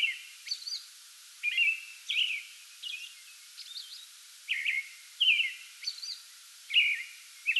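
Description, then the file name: American robin singing whistled, slurred phrases in short bursts, separated by brief pauses, with occasional high thin notes. Pre-dawn song bout recorded 8 May 2022. "2022-05-08 American Robin pre-dawn song bout"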